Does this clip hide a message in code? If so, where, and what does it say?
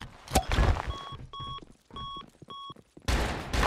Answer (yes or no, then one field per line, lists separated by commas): no